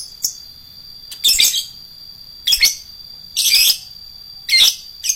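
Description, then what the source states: Lovebird chirps, sharp high squeaky bursts repeated roughly once a second, with brief gaps of quiet between them. Adult fighter lovebird.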